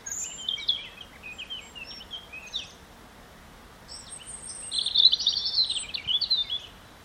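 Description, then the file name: European robin singing two high, twittering phrases, the first faint and scratchy, the second louder and richer after a pause of over a second. "Erithacus rubecula"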